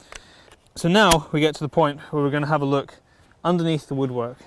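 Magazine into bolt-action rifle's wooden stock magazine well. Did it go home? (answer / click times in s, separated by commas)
yes / 0.2 s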